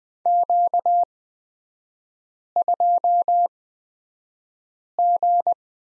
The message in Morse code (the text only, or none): Q2G